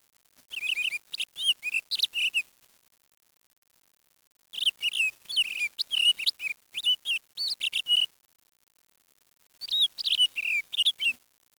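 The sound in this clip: Bird chirping in three bouts of rapid, high twittering notes, separated by pauses.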